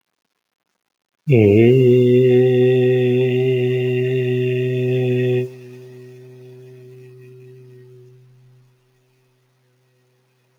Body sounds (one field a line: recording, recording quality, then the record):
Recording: sustained vowel as in made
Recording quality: excellent, no background noise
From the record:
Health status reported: healthy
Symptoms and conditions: none ticked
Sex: male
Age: 37 years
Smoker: yes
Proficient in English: yes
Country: India